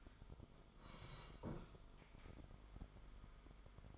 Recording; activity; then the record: daily activity, microphone in the room; sit down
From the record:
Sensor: 5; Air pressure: 1005.3 hPa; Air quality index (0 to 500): 106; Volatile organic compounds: 2 ppm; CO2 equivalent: 1300 ppm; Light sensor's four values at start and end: 34/79/32/30 and 34/79/32/30